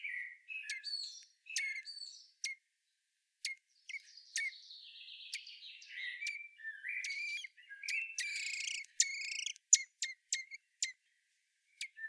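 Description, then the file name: Common blackbird song with varied warbled phrases mixed with sharp high clicks and chirps, notes rising and falling irregularly. "Turdus merula"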